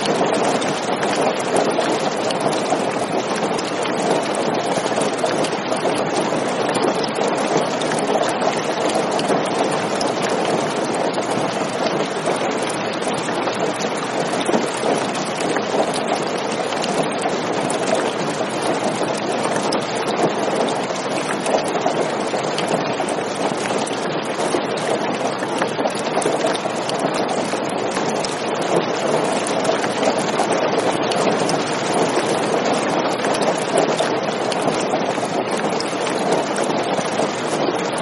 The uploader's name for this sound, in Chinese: 雷雨声 大雨来临